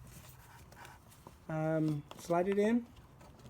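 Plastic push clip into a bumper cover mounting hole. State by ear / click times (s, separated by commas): not seated / none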